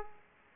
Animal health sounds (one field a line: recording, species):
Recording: mosquito wingbeat signal from an infrared sensor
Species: Culex pipiens